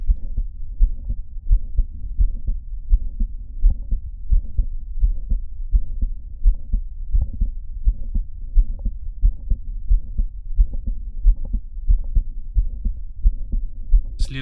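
Adult heart by stethoscope at the pulmonic point: systolic clicks of mitral valve prolapse, at roughly 87 beats per minute.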